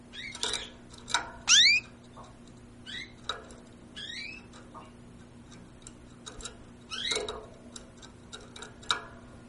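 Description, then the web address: Bird chirps, sharp sweeping notes given in irregular bursts with dry clicks between them, over a steady low hum. "sounds aves"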